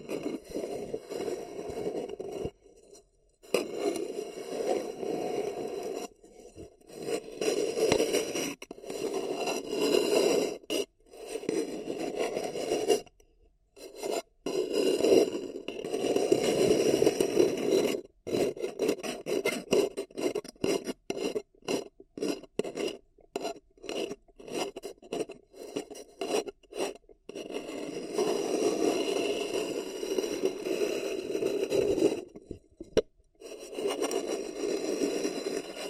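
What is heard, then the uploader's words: Paper cup tingles: dense scratching and rubbing with a papery mid-range rasp, broken by frequent brief pauses and short silent gaps. ASMR Deeply Relaxing Paper Cup Tingles 1 Hr (No Talking).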